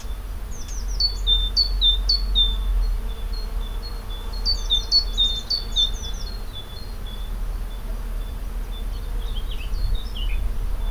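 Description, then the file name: Great tit giving rapid series of high, downslurred chirping notes in bursts, over a steady low rumble. "Parus major"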